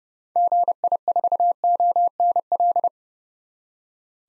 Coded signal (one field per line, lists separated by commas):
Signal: Morse code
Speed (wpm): 30 wpm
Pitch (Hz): 700 Hz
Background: none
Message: GI4ONL